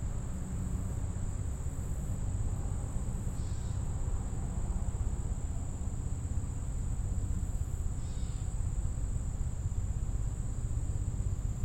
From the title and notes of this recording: Gibraltar Bay Unit: Detroit River International Wildlife Refuge. Marsh and upland refuge on the site of a former Navy seaplane base and former NIKE missile base.